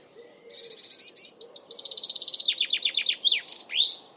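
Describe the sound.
Bird song building into a steady, very fast high trill that breaks into downslurred notes and a few upswept whistles.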